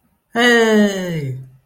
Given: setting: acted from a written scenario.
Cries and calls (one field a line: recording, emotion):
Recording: vocal sound without words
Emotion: positive surprise